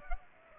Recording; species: mosquito wingbeat signal from an infrared sensor; Culex pipiens